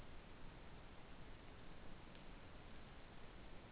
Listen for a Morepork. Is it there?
no